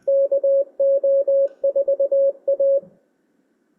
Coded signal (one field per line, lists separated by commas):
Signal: Morse code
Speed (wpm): 20 wpm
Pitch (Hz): 550 Hz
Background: none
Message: KO4A